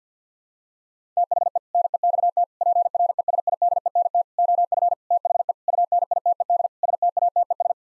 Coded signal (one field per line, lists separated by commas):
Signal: Morse code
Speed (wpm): 50 wpm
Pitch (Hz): 700 Hz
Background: none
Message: THE NEXT PRESIDENT OF THE UNITED STATES